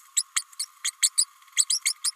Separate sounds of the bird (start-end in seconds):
0.16-0.23, 0.36-0.42, 0.59-0.65, 0.84-0.91, 1.02-1.09, 1.18-1.25, 1.56-1.65, 1.70-1.81, 1.85-1.93, 2.04-2.11